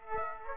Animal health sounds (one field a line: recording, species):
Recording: mosquito wingbeat signal from an infrared sensor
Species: Aedes aegypti